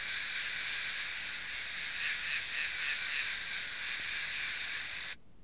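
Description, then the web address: Insect call as a continuous high, raspy buzz with gentle rhythmic pulsing, cutting off abruptly just before the end. "昆虫声音素材"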